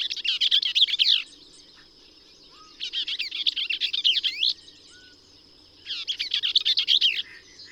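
Bell's vireo song: three quick, scratchy, tumbling phrases, each over a second long, spaced by silences of about a second and a half, with a faint high hiss.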